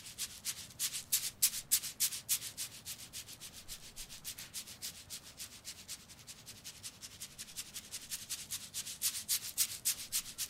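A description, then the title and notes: An intense shoulder massage, heard as quick, regular rubbing strokes on skin or fabric, about three or four per second throughout. Each stroke is a bright, hissing swish with little low sound beneath. The pace stays steady, the strokes growing slightly stronger near the start and end. ASMR shoulders Relaxing massage no talking. Intense asmr shoulder massage rp with tools.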